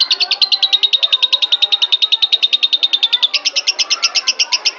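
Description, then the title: Oriental magpie-robin song: a fast, even trill of sharp high notes, shifting in pitch near the end. "Kicau Kacer"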